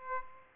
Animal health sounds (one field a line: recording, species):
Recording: mosquito wingbeat signal from an infrared sensor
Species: Aedes aegypti